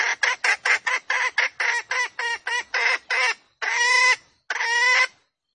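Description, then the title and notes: Junglefowl hen calling: a quick string of harsh clucks followed by two long, drawn-out nasal squawks. Female junglefowl calls used as a lure recording to attract junglefowl. "Pancingan Ayam Hutan Betina. Suara Ayam Hutan Betina. Pemikat Ayam Hutan"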